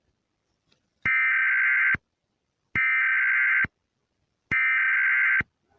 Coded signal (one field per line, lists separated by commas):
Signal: Emergency Alert System (SAME) tones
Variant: header bursts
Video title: The southeast super outbreak (EAS Scenario)